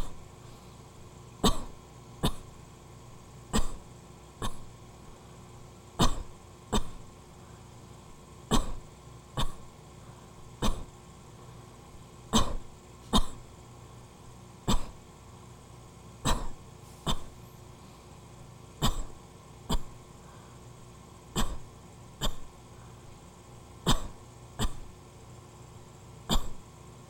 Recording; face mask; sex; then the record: voluntary coughing; none; female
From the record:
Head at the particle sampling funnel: facing it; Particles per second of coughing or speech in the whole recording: 0.551